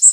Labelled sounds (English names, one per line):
Golden-winged Warbler flight call